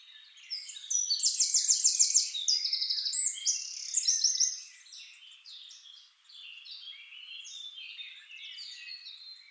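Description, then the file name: Eurasian wren song, a loud rapid high trill of repeated notes followed by a fast jumble of thin chirps and twitters, fading toward the end. "Troglodytes troglodytes"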